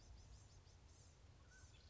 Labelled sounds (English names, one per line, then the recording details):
Mountain Quail
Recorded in Sonoma County, California